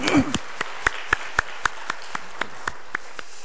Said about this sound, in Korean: 너무 찬양 하나님 앞에 잘 준비하여 올려드리셨는데 우리 하나님 앞에 감사 영광의 박수로 또 우리 감사의 박수 한번 같이 한번 드리도록 하겠습니다.